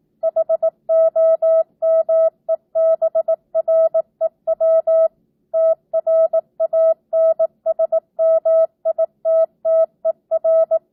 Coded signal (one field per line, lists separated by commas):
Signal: Morse code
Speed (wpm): 18 wpm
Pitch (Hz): 650 Hz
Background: none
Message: HOMEBREW TRANSMITTER